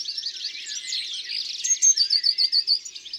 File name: Mesange bleue ABC des chants doiseaux